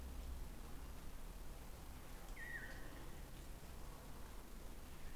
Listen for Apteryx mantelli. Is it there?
no